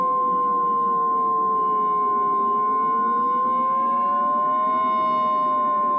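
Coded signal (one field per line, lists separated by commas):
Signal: Emergency Alert System (SAME) tones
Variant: 1050 Hz attention tone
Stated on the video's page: Fictional EAS scenario, simulated alert about a violent tornado approaching Wichita.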